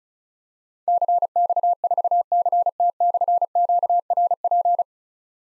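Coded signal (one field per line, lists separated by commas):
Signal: Morse code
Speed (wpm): 36 wpm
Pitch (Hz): 700 Hz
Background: none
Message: CX4CT/QRP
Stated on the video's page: Morse drill of difficult call signs containing slashes at 35 wpm, each sent, spoken, then sent again.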